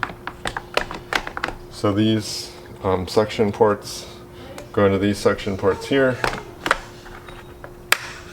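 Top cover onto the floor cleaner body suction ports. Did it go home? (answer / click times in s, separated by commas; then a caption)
yes / 7.9 s. A plastic top cover is lined up so its suction ports meet the suction ports on the body of a Karcher KC5 hard floor cleaner, then pushed on while someone talks, with small taps and knocks from the handling. At 7.9 s a sharp, loud click is heard as the cover snaps onto the ports and seats; it must click or it will fall off.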